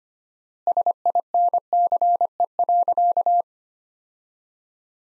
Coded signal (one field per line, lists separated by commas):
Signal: Morse code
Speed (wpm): 25 wpm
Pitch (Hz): 700 Hz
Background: none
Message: SINCE.